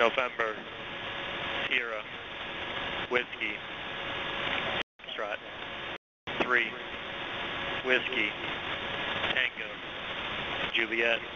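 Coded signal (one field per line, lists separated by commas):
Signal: coded military voice message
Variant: US Air Force EAM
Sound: voice reading phonetic-alphabet letters and digits over hissing shortwave static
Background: radio static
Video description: Message of 242 characters: J6BKX7 - WRW6BUB73Q7J6OJY6JV7JD227IMOCU33BLUWPUMPGMMMMEYQYJ2SCLLZKBAANSLVVVV7OEFDGWXDDT2U77XU77777IVXBH4SDDSDV6223I7GGGGBFWGRJB4YH5NSWF3WTJJVPG4QU2KODBYV4QKKKJI7333E7SSSSLKGHTO44OIMRTAATAAVVVVUQBCRVIPPUXPDCDNND4444NVLCRAPHRP2EJFEOFDSSSSKWFQ3THCV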